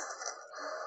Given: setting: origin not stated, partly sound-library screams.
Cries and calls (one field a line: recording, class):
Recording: one-second piece from a danger detection set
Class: woman in danger